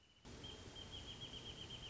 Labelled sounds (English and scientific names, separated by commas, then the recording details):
Wrentit (Chamaea fasciata)
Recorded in Sonoma County, California